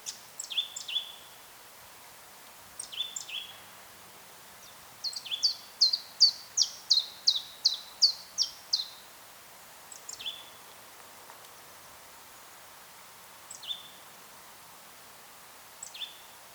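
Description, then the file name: Eurasian blackcap: sharp notes dropping into short high whistles, given in ones and twos and then in a fast run of many, with quiet background. "Sylvia atricapilla"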